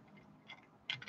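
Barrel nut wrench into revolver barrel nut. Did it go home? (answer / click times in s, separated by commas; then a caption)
yes / 0.9 s. A metal barrel nut wrench is pushed into the muzzle of a Dan Wesson Model 15 .357 Magnum revolver barrel until its two teeth drop into the two cutouts on the steel barrel nut. After a faint tap around 0.5 s, a sharp metallic click at 0.9 s marks the wrench seating, followed by a few smaller ticks near 1.0 and 1.1 s. The wrench is seated in the nut.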